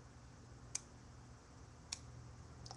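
A ratcheting medical clamp for cutting off blood flow is squeezed shut over the vein, and its small ratchet teeth catch with sharp, bright clicks at 0.8 s and 1.9 s. Two fainter ticks follow near 2.7 s over a steady low hum. The clamp clicks closed and is seated.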